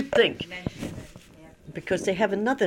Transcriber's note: the microphone is disturbed